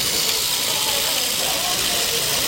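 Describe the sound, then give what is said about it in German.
A spring-wound Super 8 film camera runs with a steady, even whir, a continuous hissing mechanical buzz that holds the same loudness throughout, with no pauses or clicks. “Ja, das Geräusch, das ihr jetzt hört im Hintergrund, das ist das Geräusch einer Kamera mit einem sogenannten Federziehwerk.”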